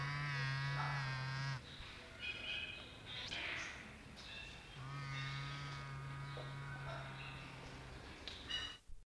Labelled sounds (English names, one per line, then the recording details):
Southern Crowned-Pigeon call
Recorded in captivity
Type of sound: call
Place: Zoo Rotterdam, NL
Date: 1973-08-31
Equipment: Halbspur, 9,5 cm/s
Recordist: Lütgens, Hans
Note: Rufe